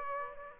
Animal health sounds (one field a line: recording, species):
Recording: mosquito wingbeat signal from an infrared sensor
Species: Aedes aegypti